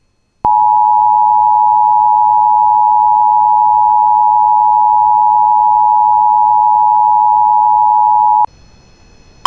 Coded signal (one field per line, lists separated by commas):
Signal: Emergency Alert System (SAME) tones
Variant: 853 and 960 Hz attention tone